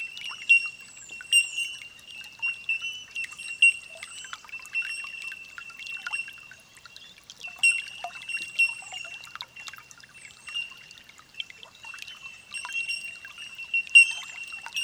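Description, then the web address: Bellbird calls in a dense, unbroken chorus of clear tinkling pings, rising and falling in loudness in short waves. Holophonic recording. "olofonia Bell Birds"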